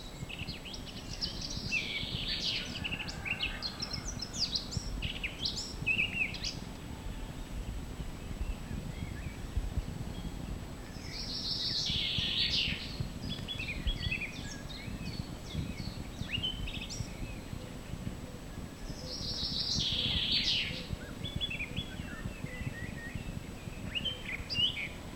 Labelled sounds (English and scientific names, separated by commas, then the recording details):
Eurasian Blackcap (Sylvia atricapilla) song
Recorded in the wild
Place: Schielleiten, Steiermark, AT
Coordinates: 47.2276, 15.8273
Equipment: Uher 4000
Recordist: Brunner, Thomas
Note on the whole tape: Mönchsgrasmücke, Gesang. Anfang Juni 1968